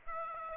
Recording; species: mosquito wingbeat signal from an infrared sensor; Aedes aegypti